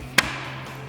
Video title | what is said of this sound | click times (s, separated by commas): 2013-2018 RAM 1500 RedRock Boss Upper Replacement Grille with LED DRL Review & Install | Same with this one. Pops into place. | 0.2 s